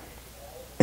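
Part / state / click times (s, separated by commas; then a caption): setting lever in a combination lock on a storage bag / seated / 0.8 s. The lever on a plastic combination lock on a Mana smell-proof storage bag is slid to the right to set the new code to 9-1-1. After near silence, a single sharp snap sounds at 0.8 s as the lever locks in and the combination is set.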